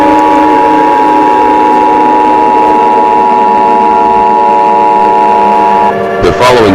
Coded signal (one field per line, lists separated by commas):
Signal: Emergency Alert System (SAME) tones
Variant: 853 and 960 Hz attention tone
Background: speech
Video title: EAS Philippines Scenario #1: The 3 New Super Volcano 15 Subscribers edition